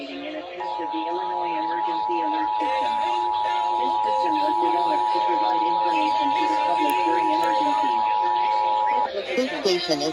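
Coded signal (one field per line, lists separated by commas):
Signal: Emergency Alert System (SAME) tones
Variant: 853 and 960 Hz attention tone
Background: speech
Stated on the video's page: Illinois required monthly test alert relayed on an AM and an FM broadcast station.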